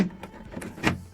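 A polyester rocker panel from an Avantime Sport 2 évolution ACE body kit is brought against the car body's sill rail and pressed lightly. It clicks into place by itself, with sharp clicks at 0.2, 0.6 and 0.9 seconds, the last one the loudest. The panel ends up seated on the rail.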